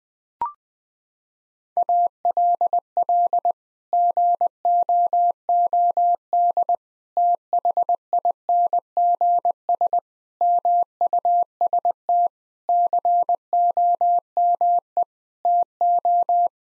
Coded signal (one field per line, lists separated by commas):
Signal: Morse code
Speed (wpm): 21 wpm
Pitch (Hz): 700 Hz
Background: none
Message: ALL GOOD THINGS MUST COME TO